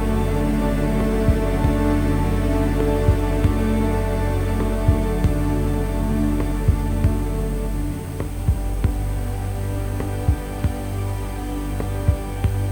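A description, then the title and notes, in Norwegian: A steady, deep machine hum with layered droning tones and a thin high whine, punctured by sharp crackling pops every second or so. Dyp bass fra et fyringsanlegg. Vinylknitring.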